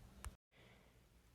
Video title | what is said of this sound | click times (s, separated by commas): March 15, 2024 | put it in a little sideways here rotate go down make sure it clicks in | 0.2 s